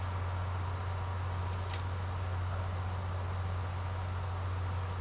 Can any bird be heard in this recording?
no